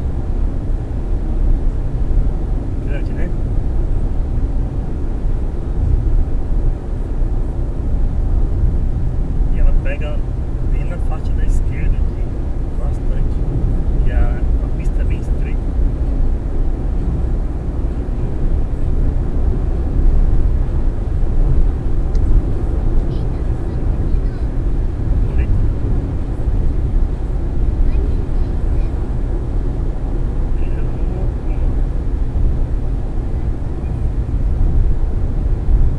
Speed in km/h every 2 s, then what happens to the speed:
107, 107, 107, 106, 106, 106, 108, 111, 114, 117, 119, 120, 119, 116, 114, 112, 111, 108.
0-10 steady at about 106. 10-21 speeds up to 120. 21-36 slows to 108.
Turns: none.